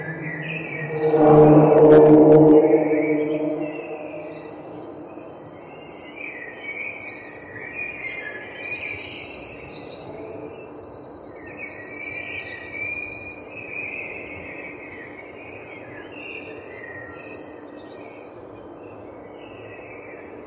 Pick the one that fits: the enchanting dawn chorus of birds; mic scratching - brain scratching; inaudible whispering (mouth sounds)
the enchanting dawn chorus of birds